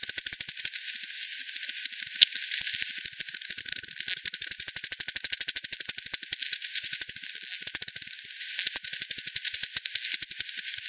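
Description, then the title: Bat echolocation calls as continuous rapid clicking, a dense rattling train of ticks running the whole time with brief bursts where pulses overlap. Multiple bats at Hogsmill River, Hogsmill Lane, recorded 7 October 2020 at 18:10; frequency-divided by ten, bandpass filtered and resampled. "bat 20201007 T 18 : 10 Z-Hogsmill-Lane-Hogsmill-River-multiple-bats-FD 10"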